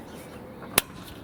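A metal solar panel mounting clip is pressed down onto the roof rail and snaps into place. A single sharp, broadband click rings out at 0.8 s over faint background noise. The clip is seated on the rail.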